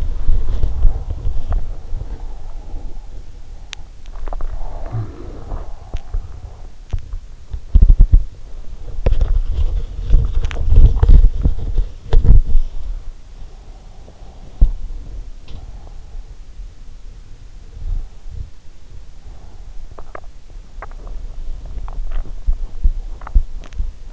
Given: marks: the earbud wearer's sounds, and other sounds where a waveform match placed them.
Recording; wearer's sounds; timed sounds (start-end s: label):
sounds in sleep by an in-ear microphone; body movement, teeth grinding, breath, swallowing
0.00-24.13 s: body movement
3.48-4.02 s: teeth grinding
4.58-5.98 s: breath
19.89-23.58 s: swallowing